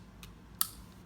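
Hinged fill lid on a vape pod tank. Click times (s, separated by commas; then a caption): 0.6 s. The hinged fill lid on the vape pod tank of a Uwell Valyrian V2 kit is pressed shut. A faint tick at 0.2 s is followed by a sharp, bright click at 0.6 s as the lid snaps closed. The lid is confirmed closed.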